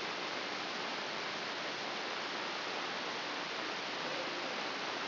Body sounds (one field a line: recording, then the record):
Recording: brain microelectrode recording played as sound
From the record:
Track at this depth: inside the subthalamic nucleus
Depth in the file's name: 2.632 mm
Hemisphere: left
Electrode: 3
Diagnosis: Parkinson's disease